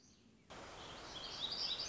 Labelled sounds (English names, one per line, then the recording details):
Black-throated Gray Warbler
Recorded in Sonoma County, California